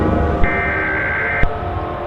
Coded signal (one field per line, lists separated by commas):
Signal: Emergency Alert System (SAME) tones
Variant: header bursts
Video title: EAS Scenario/Analog & Digital Horror - Twosday